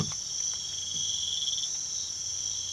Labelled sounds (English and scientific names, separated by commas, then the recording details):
none
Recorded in pastures near Puerto Asís, Putumayo, Colombia, on 24 March 2025 at 05:00
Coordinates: 0.487, -76.322
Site G077